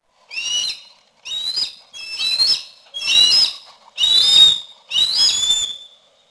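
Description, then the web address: Harris's hawk calls: six harsh, drawn-out screeching notes with layered bands, each lasting about half a second to a second, spaced roughly one second apart. "roptorlady Harris Hawks"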